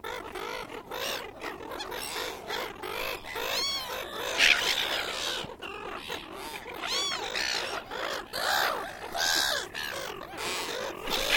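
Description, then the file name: Silver gulls calling in a dense chorus, many overlapping harsh, squealing cries rising and falling without pause from a large flock. Large group of silver gulls feeding at Williamstown, Australia. "Bird Silver Gulls Williamstown Large Group Feeding"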